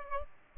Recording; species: mosquito wingbeat signal from an infrared sensor; Aedes albopictus